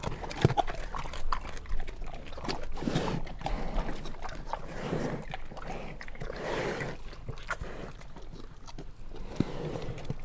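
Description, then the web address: Brown bear feeding: loose, uneven munching and chomping with occasional sharp clacks and a few heavy snorting breaths. Captive brown bears eating at a zoo in Jászberény, Hungary, in 2016, recorded with the microphone placed in front of the bears' noses. "jaszberenyizoo 2016 professzionalis barnamedve"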